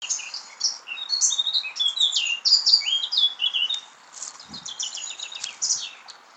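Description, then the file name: Eurasian blackcap song: a fast, rich warble of high chattering and fluty notes, quieter in the latter part, with a faint low thump. "Sylvia atricapilla"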